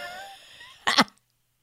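Trailing voiced sound, then two quick, harsh bursts of a short double cough from an adult woman.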